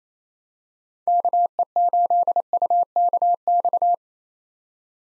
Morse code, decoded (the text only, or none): KE8UKX